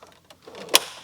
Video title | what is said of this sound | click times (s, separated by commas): MX5 VVTurbo - #12 - ECU, wiring, fluids and 1st startup | and this will be clicked in place like the normal vent. | 0.8 s